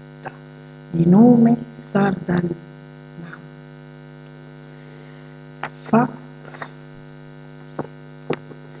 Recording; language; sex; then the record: read passage; Italian; female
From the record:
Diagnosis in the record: healthy control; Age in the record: 62 years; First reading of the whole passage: 101 s, 4.7 characters per second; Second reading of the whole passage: 77 s, 5.9 characters per second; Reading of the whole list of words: 66 s, 3.9 characters per second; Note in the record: marked for poor recording quality or reading difficulty